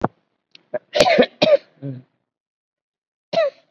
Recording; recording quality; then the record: shallow voluntary cough; excellent, no background noise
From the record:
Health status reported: COVID-19 positive, mild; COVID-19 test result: positive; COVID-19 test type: RT-PCR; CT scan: not taken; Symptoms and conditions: cough, cold, breathing difficulty, fever, fatigue, hypertension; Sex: female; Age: 68 years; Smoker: no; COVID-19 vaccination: one dose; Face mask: not worn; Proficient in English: no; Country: India